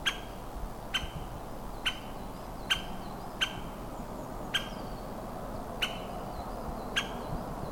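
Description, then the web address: White-backed woodpecker calls: single sharp clipped notes spaced roughly a second apart, with a steady low hum underneath. Recorded on a date given as 030223. "linnut valkoselka 030223"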